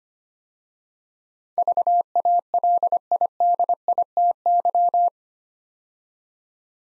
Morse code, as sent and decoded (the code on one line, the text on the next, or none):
...- .- .-.. .. -.. .. - -.--
VALIDITY